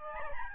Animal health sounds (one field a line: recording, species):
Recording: mosquito wingbeat signal from an infrared sensor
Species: Aedes albopictus